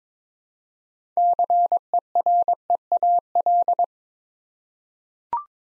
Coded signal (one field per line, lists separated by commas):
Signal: Morse code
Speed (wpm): 22 wpm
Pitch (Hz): 700 Hz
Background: none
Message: CEREAL